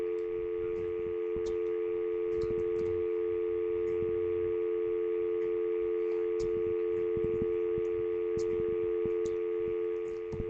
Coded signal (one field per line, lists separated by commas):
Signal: telephone call progress tone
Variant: North America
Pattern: dial tone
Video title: Sheldon's phone's dial tone